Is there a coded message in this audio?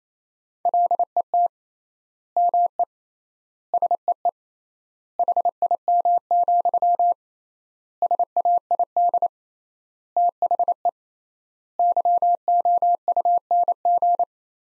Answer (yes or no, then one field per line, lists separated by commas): yes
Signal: Morse code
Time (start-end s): 0.7-14.2 s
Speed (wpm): 28 wpm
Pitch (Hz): 700 Hz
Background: none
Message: LET ME SEE HIM, SAID THE YOUNG